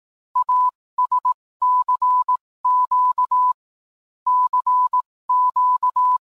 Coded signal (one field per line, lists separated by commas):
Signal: Morse code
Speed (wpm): 18 wpm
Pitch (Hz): 1000 Hz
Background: none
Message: AS CQ CQ